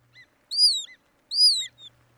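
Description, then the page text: Hudsonian Godwit calling twice, each a high, clear, downward-slurring note followed by a short lower chip, the pair of calls under a second apart. "Hudsonian Godwit (Bird Note. Chirp Nature Center"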